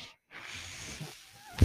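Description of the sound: After a brief silence, a soft, steady rush of air lasts just under a second, fades, and ends in a dull low thump. This is a mechanical ventilator cycling airflow to support a man's breathing, heard in the pauses between his phrases as he talks.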